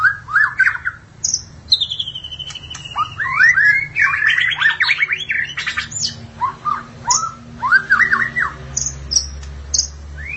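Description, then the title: Magpie-robin or shama delivering a long drawn whistle among quick, varied slurred notes and scratchy chatter, with a steady low background rumble. "BM Suara Burung Murai"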